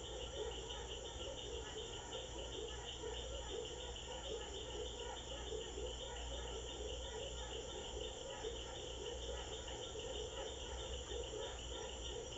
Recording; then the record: honeybee defence experiment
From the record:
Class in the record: control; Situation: empty test tube, no live specimens